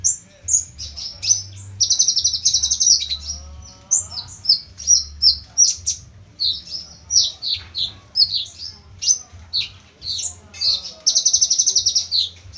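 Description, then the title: Bird song: quick, very high chirps and slurred whistles in varied phrases, with two rapid buzzy trills. "Burung Kecil"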